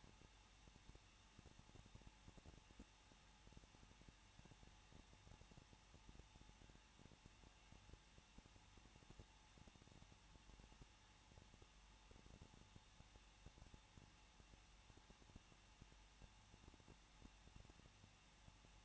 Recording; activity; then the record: daily activity, microphone in the room; no activity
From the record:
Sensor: 1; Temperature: 20.1 degrees Celsius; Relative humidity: 39.2%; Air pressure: 1006.3 hPa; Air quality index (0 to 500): 218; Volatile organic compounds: 78 ppm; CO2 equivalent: 3588 ppm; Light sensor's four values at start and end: 1/2/1/1 and 1/2/1/1